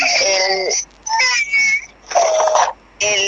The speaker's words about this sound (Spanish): Ven, hijo, vamos. Sí, mi hijo está llorando.